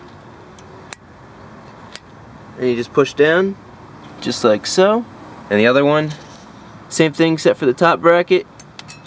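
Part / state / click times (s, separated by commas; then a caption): brake pad retaining clip into caliper bracket / not seated / none. A metal brake pad retaining clip is handled and pushed down into a small divot at the top of a caliper bracket, with sharp metallic ticks near 0.9 s and 2.0 s and light clinks later while someone talks. Nothing has seated or clicked into place yet.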